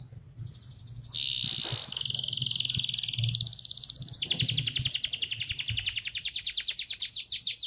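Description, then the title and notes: Canary song with sustained buzzy trills and rolling rapid notes, high-pitched, over a low background hum. Canary song used as a tutor recording for training other birds. "Kicau Masteran Burung Kenari. suara burung kenary buat masteran"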